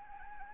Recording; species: mosquito wingbeat signal from an infrared sensor; Anopheles gambiae